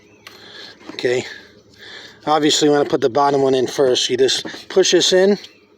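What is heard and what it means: Someone talks while handling the EVAP purge valve solenoid of a 2012 Jeep Liberty 3.7L, positioning it to be pushed into its plastic engine-bay mounting bracket, with a few faint handling ticks between phrases. Nothing has seated or clicked yet; the clip ends just before the valve goes home.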